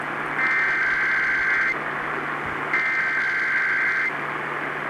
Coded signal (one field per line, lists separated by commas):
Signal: Emergency Alert System (SAME) tones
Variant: header bursts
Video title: KSL Weekly EAS Test (6/3/23) (EAS #1,325)